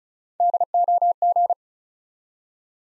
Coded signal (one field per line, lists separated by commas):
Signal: Morse code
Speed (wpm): 36 wpm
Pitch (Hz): 700 Hz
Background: none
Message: DOG